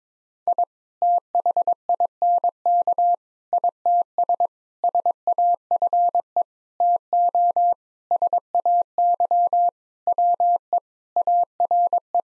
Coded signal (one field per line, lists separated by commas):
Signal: Morse code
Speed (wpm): 22 wpm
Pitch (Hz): 700 Hz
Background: none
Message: I THINK ITS SAFE TO SAY WE ARE